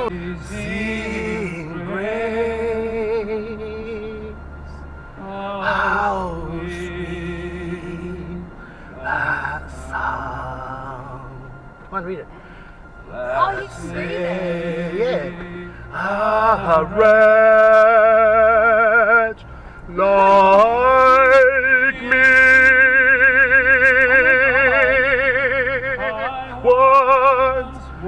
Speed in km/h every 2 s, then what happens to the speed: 49, 52, 54, 54, 55, 54, 48, 48, 48, 52, 52, 53, 52, 50.
0-8 speeds up to 55. 8-28 steady at about 52.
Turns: none.